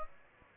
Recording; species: mosquito wingbeat signal from an infrared sensor; Aedes aegypti